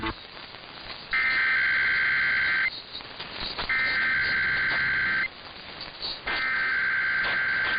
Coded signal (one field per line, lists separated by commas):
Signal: Emergency Alert System (SAME) tones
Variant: header bursts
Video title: [EAS #1452] KDKA RWT & Amplify Theme